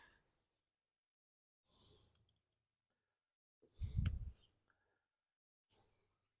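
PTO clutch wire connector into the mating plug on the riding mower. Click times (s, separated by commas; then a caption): 4.1 s. The plastic plug of the PTO clutch wire connector on a Cub Cadet riding mower is pushed into its mating socket during a transmission belt change. Short bursts of handling noise come and go, and the loudest burst carries a sharp click at 4.1 s as the connector pops into place. The connector is seated.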